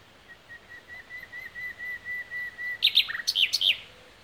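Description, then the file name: Common nightingale song opening with a long series of soft, evenly spaced whistled notes, building in volume, then breaking into fast, harsh, rattling chatter. "Luscinia megarhynchos"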